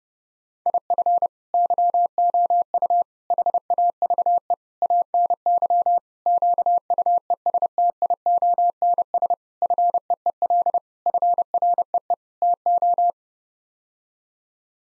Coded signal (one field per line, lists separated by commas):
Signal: Morse code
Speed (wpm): 30 wpm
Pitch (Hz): 700 Hz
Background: none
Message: IF YOU HAVE ANY QUESTIONS FEEL FREE TO